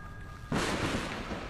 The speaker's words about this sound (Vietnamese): Chỉ nghe được đến đây thì ngay lập tức còn có một tiếng sấm nổ đinh tai.